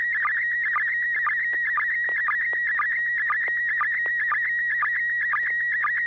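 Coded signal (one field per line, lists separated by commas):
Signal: SSTV (slow-scan television)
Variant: PD120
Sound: steady warbling high tone with rhythmic short low blips about twice a second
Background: low electrical hum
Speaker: pd10 [Music] d d d [Music] d [Music]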